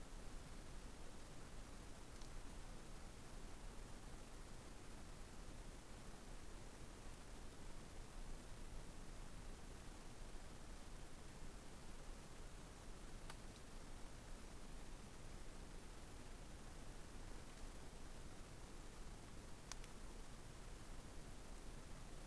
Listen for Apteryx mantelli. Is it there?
no